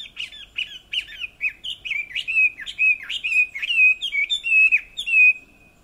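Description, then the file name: Chinese hwamei song, a lively series of looping whistled notes with sharp chips, phrases repeating and varying, ending on a sustained whistle. "Garrulax canorus"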